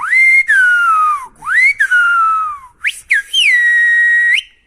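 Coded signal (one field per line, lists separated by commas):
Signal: whistled language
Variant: Silbo Gomero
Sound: loud gliding whistled phrases, pitch rising and falling between about 1 and 2 kHz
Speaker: it's very common to hear whistler saying good well it's okay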